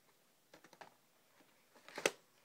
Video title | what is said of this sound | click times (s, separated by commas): How to take apart a PowerBook G3 | until they click back in | 0.8 s, 2.1 s